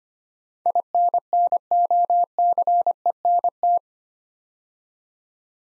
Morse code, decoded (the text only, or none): INNOCENT